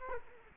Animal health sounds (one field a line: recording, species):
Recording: mosquito wingbeat signal from an infrared sensor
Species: Culex quinquefasciatus